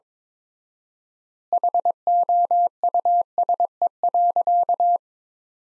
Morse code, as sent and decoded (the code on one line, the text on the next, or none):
.... --- ..- ... . .-.-.-
HOUSE.